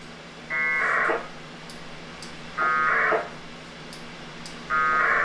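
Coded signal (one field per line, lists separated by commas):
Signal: packet radio (AX.25, as in APRS)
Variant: 1200 baud AFSK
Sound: three short buzzy warbling data bursts, each about half a second, two seconds apart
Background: low hum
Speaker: here I have a local wind link gateway ready to go and let's go ahead and connect up and send our message to Sam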